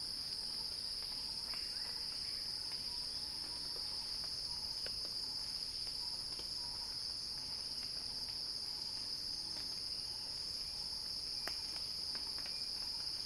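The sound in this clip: Cicada song: a loud, unbroken high-pitched drone that holds steady throughout, with faint scattered clicks and soft chirps beneath it.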